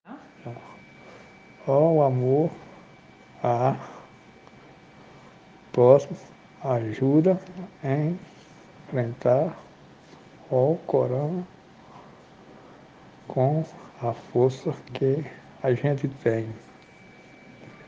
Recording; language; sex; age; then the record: spoken sentence; Brazilian Portuguese; male; 30 to 39 years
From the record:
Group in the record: respiratory insufficiency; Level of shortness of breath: 5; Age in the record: 36 years